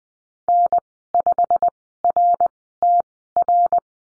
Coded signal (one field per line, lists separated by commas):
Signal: Morse code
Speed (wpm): 19 wpm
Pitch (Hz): 700 Hz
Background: none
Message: N5RTR